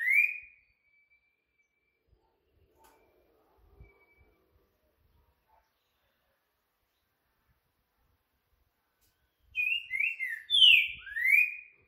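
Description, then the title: Green-winged saltator song: a brief whistle opens, a long quiet gap follows with faint clicks, then a burst of rapid slurred whistles rising and falling. Rare song type called curricutil boi boca mole, played to warm up and train a caged bird for singing contests. "ESQUENTAR Seu TRINCA Piando, Cantando E Macheando Na DISPUTA. CANTO RARO!! TRINCA FERRO CURRICUTIL BOI BOCA MOLE! ENCARTE"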